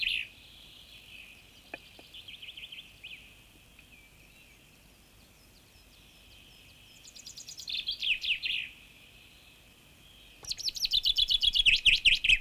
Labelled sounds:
Common Chaffinch song

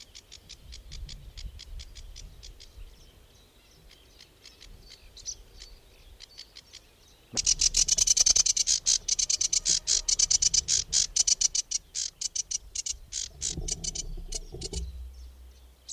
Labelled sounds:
Sedge Warbler song

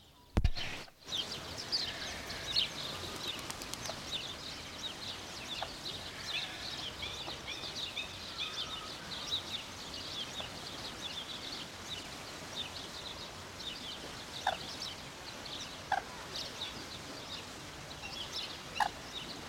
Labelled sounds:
White-naped Crane call

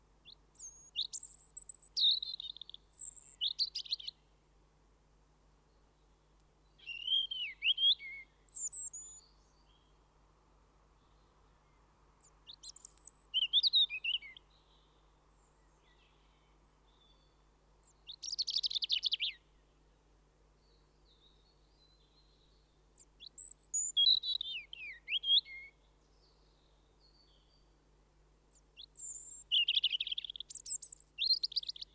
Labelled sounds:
European Robin song

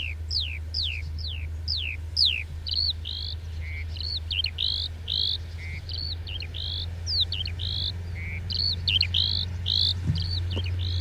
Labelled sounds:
Eurasian Skylark flight song

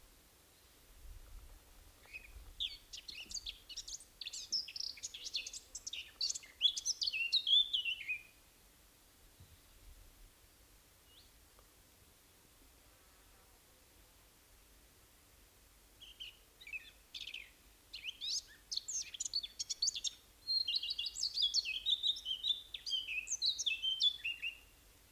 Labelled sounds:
Eurasian Blackcap song

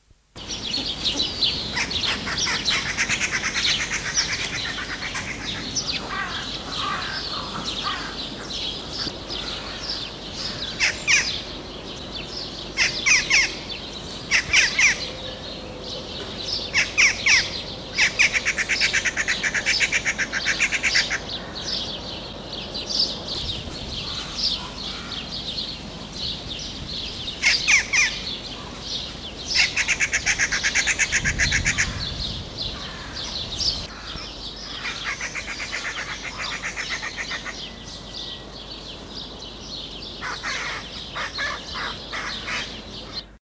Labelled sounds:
Western Jackdaw call

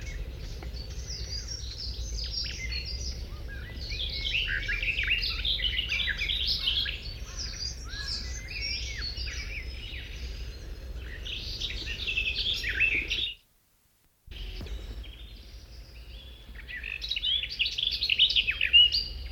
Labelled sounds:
Garden Warbler song

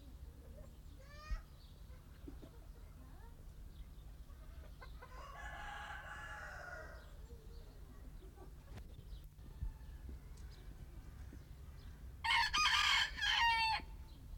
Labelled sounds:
Red Junglefowl

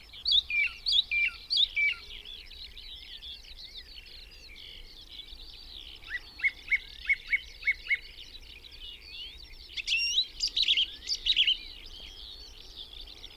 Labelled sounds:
Song Thrush song

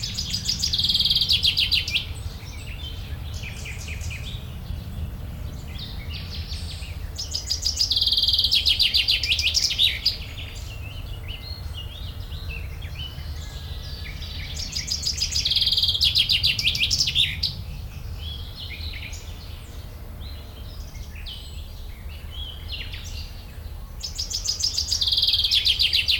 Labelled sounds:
Common Chaffinch

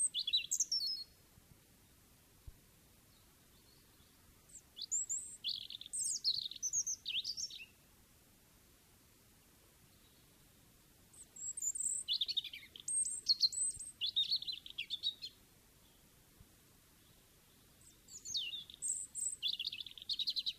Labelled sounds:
European Robin song

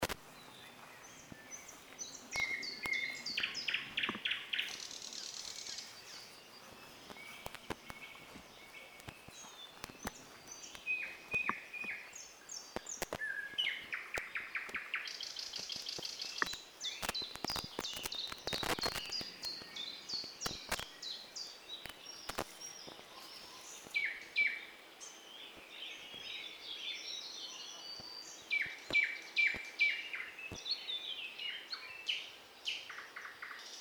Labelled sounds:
Thrush Nightingale song

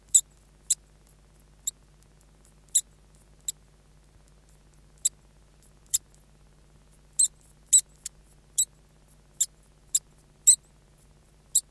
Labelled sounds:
European Water Vole call

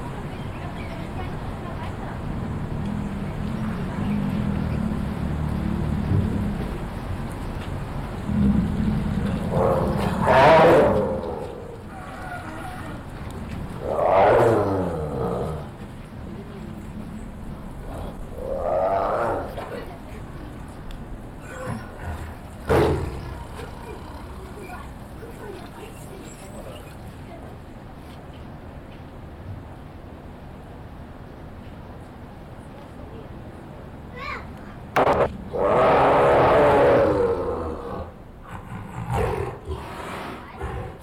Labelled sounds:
Tiger

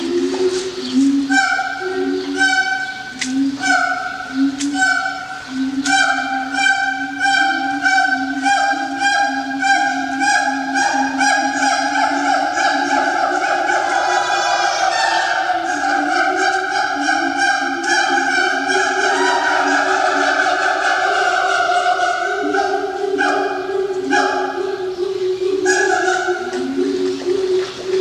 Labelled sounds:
Siamang song

